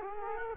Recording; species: mosquito wingbeat signal from an infrared sensor; Culex quinquefasciatus